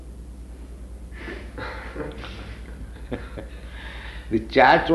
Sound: laughs

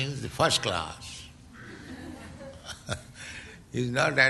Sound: chuckles

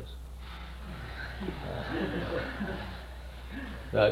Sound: laughter

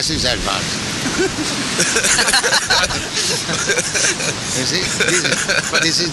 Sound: laughter

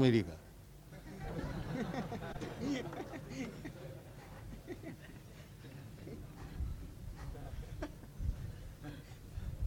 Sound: laughter

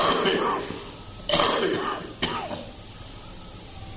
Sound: coughing

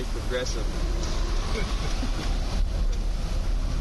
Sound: laughs

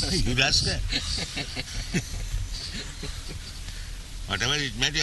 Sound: laughs

